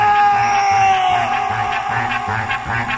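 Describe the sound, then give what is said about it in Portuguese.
A crowd of single people at a live pop show shouts and screams together on cue in a loud, sustained roar over a pulsing, rhythmic music beat with a steady low thump. “Só quem tá solteiro, dá um grito.”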